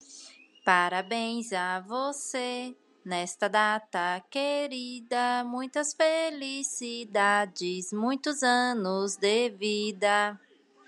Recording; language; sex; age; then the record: short text; Brazilian Portuguese; female; 30 to 39 years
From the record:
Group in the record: control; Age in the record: 35 years